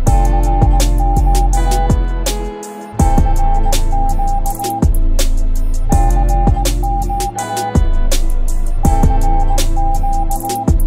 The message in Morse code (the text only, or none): CQ CQ CQ CQ